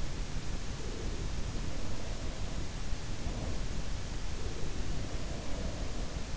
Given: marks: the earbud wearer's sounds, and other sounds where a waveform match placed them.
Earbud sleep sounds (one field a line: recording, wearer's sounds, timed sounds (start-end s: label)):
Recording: sounds in sleep by an in-ear microphone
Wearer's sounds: breath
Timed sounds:
0.67-3.87 s: breath
4.49-6.31 s: breath